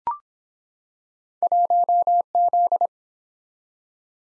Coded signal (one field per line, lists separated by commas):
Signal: Morse code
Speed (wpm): 23 wpm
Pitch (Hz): 700 Hz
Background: none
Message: 1Z